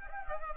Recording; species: mosquito wingbeat signal from an infrared sensor; Culex pipiens